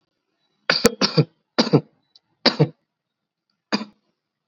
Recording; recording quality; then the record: shallow voluntary cough; excellent, no background noise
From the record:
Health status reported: COVID-19 positive, mild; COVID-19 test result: positive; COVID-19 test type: RT-PCR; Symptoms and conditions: cough, sore throat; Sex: male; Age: 18 years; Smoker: no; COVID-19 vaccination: both doses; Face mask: worn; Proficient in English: yes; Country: India